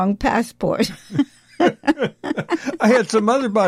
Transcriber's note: laughs